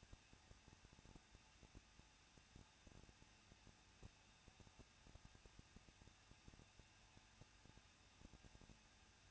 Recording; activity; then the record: daily activity, microphone in the room; no activity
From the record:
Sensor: 2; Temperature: 21.0 degrees Celsius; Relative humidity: 37.3%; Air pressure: 1006.2 hPa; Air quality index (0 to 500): 221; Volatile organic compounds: 23 ppm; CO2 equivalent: 2792 ppm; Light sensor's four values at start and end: 2/3/2/2 and 2/3/2/2